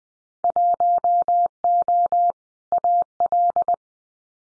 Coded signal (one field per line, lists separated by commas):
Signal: Morse code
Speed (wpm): 20 wpm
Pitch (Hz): 700 Hz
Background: none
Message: 1O AL